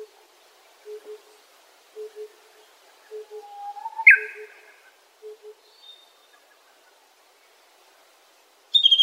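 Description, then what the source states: Japanese bush warbler song: a low rising whistle that swings up into a bright flourish, among steady low double hoots from another bird repeated about every second. Recorded on Daigenji Plateau, Niigata Prefecture, Japan.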